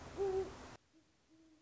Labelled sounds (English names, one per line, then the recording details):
Great Horned Owl
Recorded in Sonoma County, California